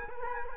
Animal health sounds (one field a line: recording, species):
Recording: mosquito wingbeat signal from an infrared sensor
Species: Culex quinquefasciatus